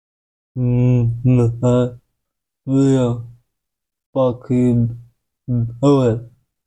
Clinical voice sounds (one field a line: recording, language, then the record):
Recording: elicited speech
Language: Bengali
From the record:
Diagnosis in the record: Broca's or global aphasia after a stroke